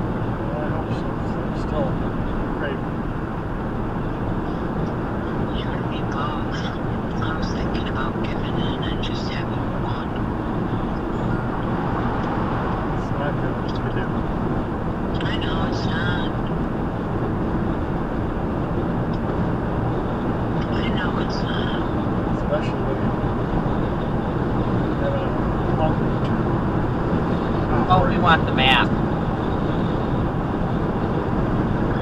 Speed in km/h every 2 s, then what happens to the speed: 109, 111, 111, 113, 114, 116, 116, 118, 119, 121, 122, 126, 127, 129, 127, 129.
0-32 speeds up to 129.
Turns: none.